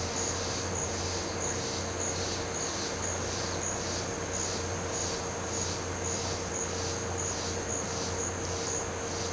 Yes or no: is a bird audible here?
no